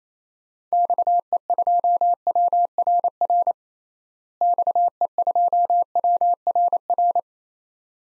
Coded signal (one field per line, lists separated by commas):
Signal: Morse code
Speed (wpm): 28 wpm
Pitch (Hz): 700 Hz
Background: none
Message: XE2WRR XE2WRR